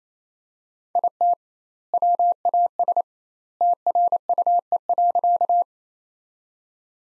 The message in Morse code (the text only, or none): IT WAS TRUE.